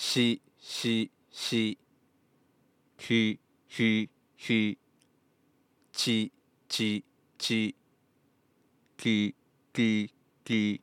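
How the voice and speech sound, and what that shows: An adult voice repeats short 'ee' syllables in four sets of three, twelve in all. The hissing sounds come out slushy and 'sh'-like instead of a crisp 's'. This is a lateral lisp, where air escapes over the sides of the tongue and distorts sibilants.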